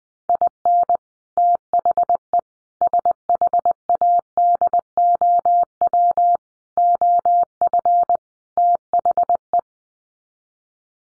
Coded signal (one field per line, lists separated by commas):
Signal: Morse code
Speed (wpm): 20 wpm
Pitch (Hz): 700 Hz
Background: none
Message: IN THE SHADOW OF THE